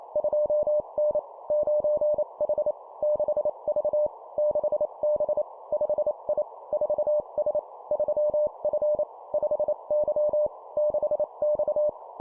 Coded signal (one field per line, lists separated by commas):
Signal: Morse code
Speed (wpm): 28 wpm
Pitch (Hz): 600 Hz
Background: none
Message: 2N 9H 6V 6B 5I 4S 3F 5Y 6X